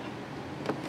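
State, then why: Not seated. A TV on a swing-out bracket in a 2023 Palomino Puma 32BHQS RV is handled and moved back toward its wall mount, where it locks into place so no strap is needed. A steady low background runs throughout, with a brief sharp handling sound at about 0.7 s. The clip ends before the bracket goes home, and nothing has seated or clicked yet.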